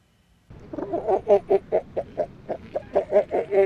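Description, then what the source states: Northern elephant seal call: a rapid series of many short, harsh pulses, uneven in loudness, lasting about three seconds. Wild female northern elephant seal; threat vocalization.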